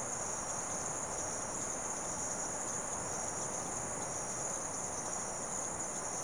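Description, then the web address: Dense insect chorus, an unbroken high-pitched trilling drone over a dense hiss, with no distinct clicks. Insects calling in the late evening in rural South America. "The BBC Sound Effects Library. Frogs And Insects, Late Evening"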